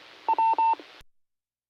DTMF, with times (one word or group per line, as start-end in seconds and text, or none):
none